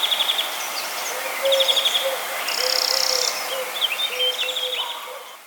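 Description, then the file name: European greenfinch calls as short fast trills, mixed with other chirps and whistles over a constant hissing background. "Chloris chloris"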